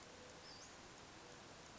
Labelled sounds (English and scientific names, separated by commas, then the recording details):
Western Flycatcher (Empidonax difficilis)
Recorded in Sonoma County, California